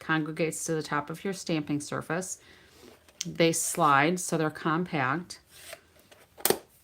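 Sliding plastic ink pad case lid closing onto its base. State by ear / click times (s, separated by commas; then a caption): seated / 6.5 s. Someone talks, then slides a plastic ink pad case lid closed onto its base and it snaps shut with a sharp click at 6.5 s, seating into place.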